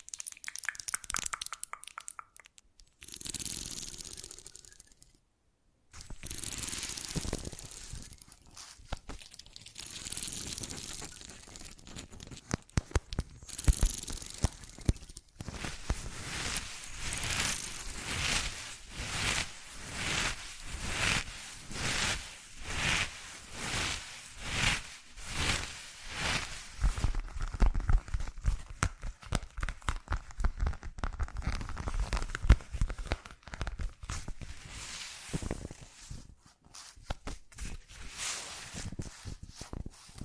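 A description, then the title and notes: Fast-changing, unpredictable ASMR triggers: bursts of crisp scratching, rustling and tearing-like sounds switch abruptly every few seconds, with short silences near 5 and 14 seconds. From about 15 seconds a rapid, regular tapping-scratching rhythm takes over, pulsing several times per second. ASMR Fast Changing Unpredictable Triggers (No Talking).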